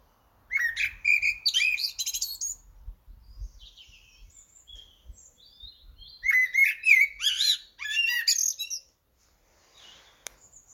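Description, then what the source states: Eurasian blackbird song in two phrases, each opening with mellow fluted whistles and breaking into squeaky high twitters, with quieter soft notes between phrases. Recorded in Cambridgeshire.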